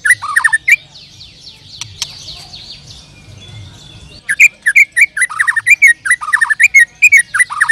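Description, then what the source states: White-rumped shama song: a brief burst of whistled phrases, a quieter stretch of thin high notes, then a loud stream of rapid whistled phrases and chips to the end. Singing at a songbird contest in class Murai Batu A, hanging-stand (gantangan) number 11 08 05 07 26.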